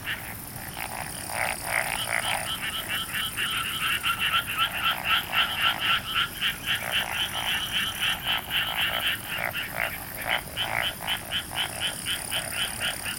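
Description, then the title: A frog chorus of rapid, grating croaks repeated several times a second, swelling and fading in waves, with thin high tones in the background. Frogs in a rice paddy at night, summer, Hokkaido, Japan. "Summer Japan, Hokkaido. Night Paddy's frogs. 夜の水田のカエル"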